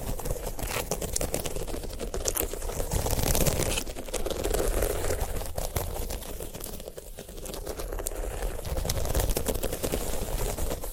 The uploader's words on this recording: ASMR of a Sunflower Head (No Talking).